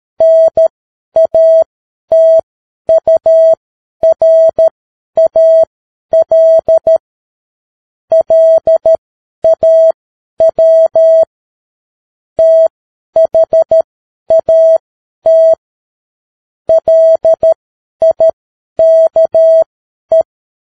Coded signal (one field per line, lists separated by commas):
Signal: Morse code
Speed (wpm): 13 wpm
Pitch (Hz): 650 Hz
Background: none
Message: NATURAL LAW THAT LIKE